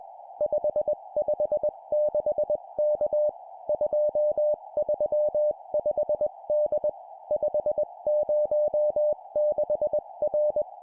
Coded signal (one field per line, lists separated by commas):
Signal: Morse code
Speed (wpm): 21 wpm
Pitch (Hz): 600 Hz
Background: music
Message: 556K 235D 506R